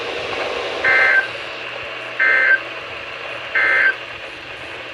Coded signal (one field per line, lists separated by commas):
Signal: Emergency Alert System (SAME) tones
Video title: Severe Thunderstorm Watch #532 + 3 SMWs || 7-14-24 (EAS #2,936-2,940)